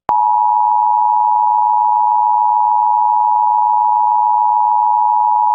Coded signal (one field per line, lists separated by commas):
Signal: Emergency Alert System (SAME) tones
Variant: 853 and 960 Hz attention tone